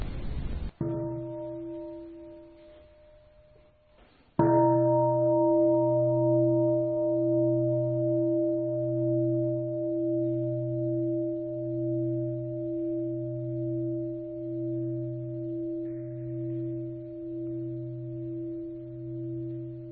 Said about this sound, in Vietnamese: Và tôi thỉnh ba tiếng chuông và các vị thử thực tập đâu 3 phút cho chúng ta bắt đầu thử làm quen với phương pháp này.